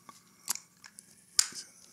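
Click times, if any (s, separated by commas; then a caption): 1.4 s. A plastic 1 mm / 2 mm guard comb is fitted onto the head of a Brio Beardscape Version 2 beard trimmer, with a few light plastic taps and rattles as it is handled. A sharp snap at 1.4 s is the guard locking into place, leaving it seated on the trimmer.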